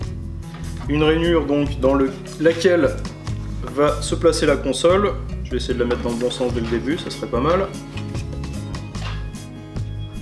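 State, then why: Seated. A grey Nintendo Switch handheld game console is lowered into the groove of its TV dock onto the connector, set the right way round on the first try, while someone talks over background music. It clicks into place at 8.8 s, with a few soft knocks around it, and sits firmly seated in the dock.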